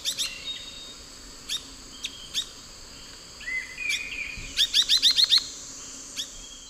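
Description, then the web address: Rufous-bellied euphonia calls: a few isolated high chips and thin whistles, then a rapid burst of about six sharp, clipped notes, and a last single chip. Calls and song of two to three birds, eastern lowlands of South America. "Nature Songs S America Eastern Lowlands. Euphonia rufiventris, calls and song 2-3 birds"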